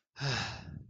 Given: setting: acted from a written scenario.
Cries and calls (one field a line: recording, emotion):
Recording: vocal sound without words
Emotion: relief